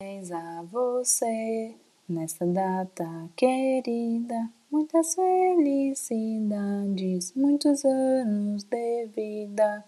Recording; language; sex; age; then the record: short text; Brazilian Portuguese; female; 20 to 29 years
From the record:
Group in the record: control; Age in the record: 25 years